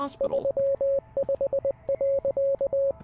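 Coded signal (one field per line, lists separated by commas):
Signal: Morse code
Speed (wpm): 20 wpm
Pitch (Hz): 550 Hz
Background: speech, radio noise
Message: 35.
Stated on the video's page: Morse code heard in the game Receiver 2, on its final tape.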